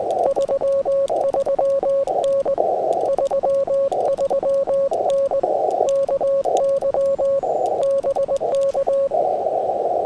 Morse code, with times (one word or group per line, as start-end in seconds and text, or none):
0.3-2.5 33N
3.1-5.4 33N
5.9-7.4 KY
7.8-9.1 BK